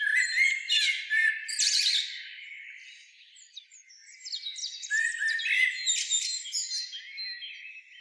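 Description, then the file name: Eurasian blackbird twittering, with bursts of high squeaky chattering notes, a quieter pause near the middle, then the busy twitter resumes. "Turdus merula"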